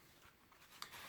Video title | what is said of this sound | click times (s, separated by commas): Does wearing tac gloves affect airsoft pistol shooting? | there's nothing in the way of this hand coming in to push the magazine up and so the magazine will lock into place | 0.8 s